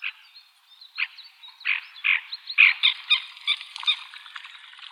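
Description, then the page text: Horned grebe calls: a series of harsh, croaking notes, growing louder and more crowded into a chattering sequence. "Красношейная поганка - Podiceps auritus"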